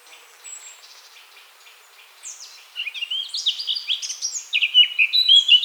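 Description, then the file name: Eurasian blackcap song: soft high notes at first, then a loud, quick, varied warble of twittering and fluty phrases building to the end. "Sylvia atricapilla"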